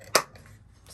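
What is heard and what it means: A piece of a craft shelf that came unglued is pressed back into its slot in the shelf frame. It snaps home with one sharp, loud click at 0.2 s, followed by faint, quieter handling noise. The piece is seated, leaving the shelf solid.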